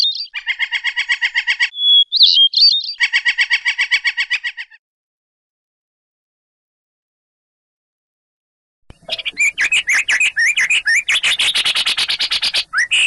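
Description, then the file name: Oriental magpie-robin song: a harsh pulsed rattle, a short whistled phrase, another rattle, then four seconds of quiet before busy, rapid, scratchy chattering song fills the rest. Lure recording meant to trigger the rolling song (ngerol), with 20-second pauses between song bursts. "audio-pancingan-ngerol-kacer-jeda-20-detik-omkicau"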